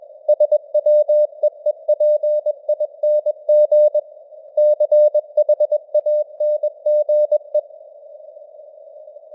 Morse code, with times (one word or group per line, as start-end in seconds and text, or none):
0.3-4.0 SWEEPING
4.6-7.6 CHANGE